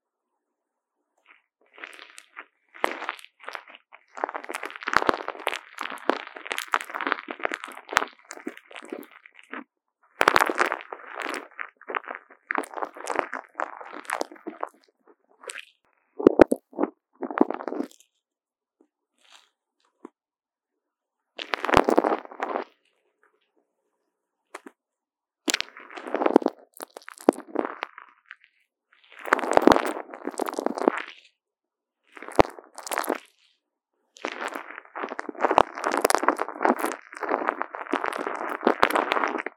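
Popping candy crackles and fizzes against a wired microphone in dense bursts of tiny snaps and pops. A long crackling stretch fills the first fifteen seconds, then shorter bursts come every few seconds with silent gaps between. A steady crackle runs through the final five seconds.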